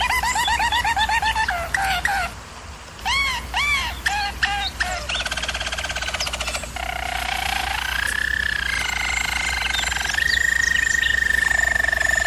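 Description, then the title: German Roller canary song: rapid bubbling, looping notes that break into short bursts, then settle into long, steady rolls. Singing used for canary training. "German Roller Canary Singing - Canary Training Vid"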